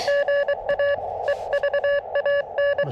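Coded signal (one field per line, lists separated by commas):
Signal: Morse code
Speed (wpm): 23 wpm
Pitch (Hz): 1700 Hz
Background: none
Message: GA EVAN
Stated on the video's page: CW Parks on the Air activation at a state park using a KX2 portable kit, with a few pileups and a steady stream of calls.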